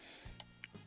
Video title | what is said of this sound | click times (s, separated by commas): LEGO 6866 Wovlerine's Chopper Showdown Marvel Super Heroes with Deadpool | Every time I put it on, it wants to, I think it just doesn't snap on good. It's real loose | 0.4 s, 0.6 s